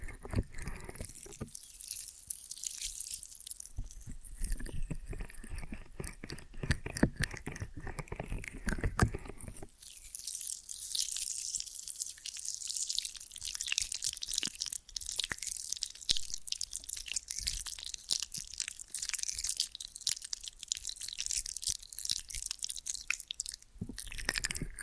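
Ear and scalp massage and cleaning, heard as dense, crackly rubbing and scratching with crisp, bright texture throughout. Bursts of fuller, lower rustling come around four to nine seconds and again near the end, while quick clicks and crunches recur constantly.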